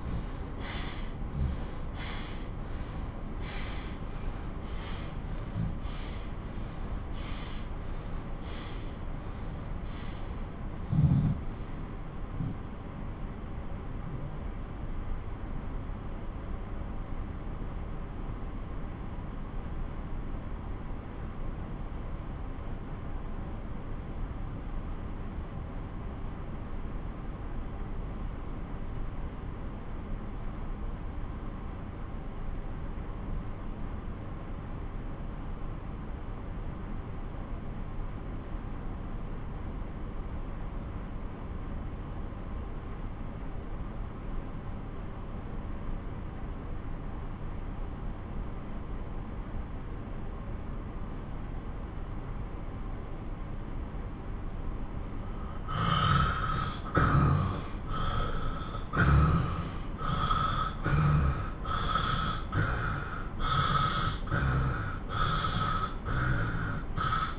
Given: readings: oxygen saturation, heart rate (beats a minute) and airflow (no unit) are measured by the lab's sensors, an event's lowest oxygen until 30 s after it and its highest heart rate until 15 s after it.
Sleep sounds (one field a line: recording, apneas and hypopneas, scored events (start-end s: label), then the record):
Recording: breathing in sleep by a smartphone at the bedside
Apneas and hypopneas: 1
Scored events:
11.00-41.00 s: new sleep stage, N2 (light sleep)
11.00-52.40 s: obstructive apnea (N2, oxygen 97% highest, then 83% lowest)
41.00-67.39 s: new sleep stage, N1 (lightest sleep)
From the record:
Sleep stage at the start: N1 (lightest sleep)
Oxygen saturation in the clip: 85 to 97%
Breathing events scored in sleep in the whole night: 217 in 6.3 hours asleep